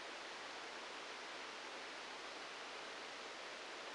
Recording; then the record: brain microelectrode recording played as sound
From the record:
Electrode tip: outside the subthalamic nucleus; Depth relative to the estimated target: 0 mm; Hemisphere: right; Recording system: NeuroSet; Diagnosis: Parkinson's disease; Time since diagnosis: 9 years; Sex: male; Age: 56 years